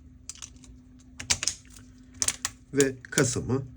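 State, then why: Seated. A flex cable connector is pressed onto its board socket inside a Realme 8 phone during a screen replacement. Several short, sharp clicks are heard, and the connector snaps into place at 2.2 s, seated. Someone talks near the end.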